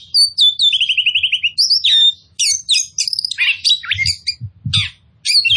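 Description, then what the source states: Oriental magpie-robin song: fast trilled whistles and scratchy, chattering notes tumbling together almost without break, with a few soft low knocks. Kacer poci form of the bird, described as gacor, meaning singing vigorously and constantly.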